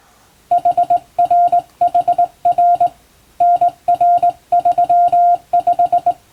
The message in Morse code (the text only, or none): HRHR NR35